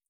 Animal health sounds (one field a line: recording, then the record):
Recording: hydrophone in a shrimp aquaculture tank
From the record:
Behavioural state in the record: feeding